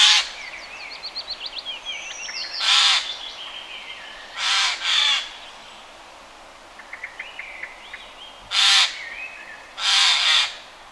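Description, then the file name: Eurasian jay with loud, noisy screeching calls, some paired in quick succession, over a background of twittering and whistled songs from other birds. "Garrulus glandarius"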